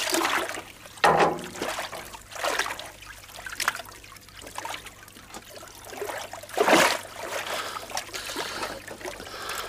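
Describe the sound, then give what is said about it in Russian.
Water sloshes and splashes as a barrel floating in a river, nearly submerged, is hooked with a pole and pushed toward the bank, with a few louder surges around a steady trickling, swishing wash and no voices. “Филимон цепляет бочку палкой с крюком, толкает к берегу.”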